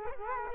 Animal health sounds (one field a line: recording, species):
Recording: mosquito wingbeat signal from an infrared sensor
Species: Culex quinquefasciatus